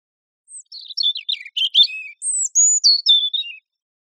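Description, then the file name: European robin singing one fluid phrase of quick warbled notes dropping in pitch, followed by clear thin whistles sliding downward, over a silent background. "Erithacus rubecula"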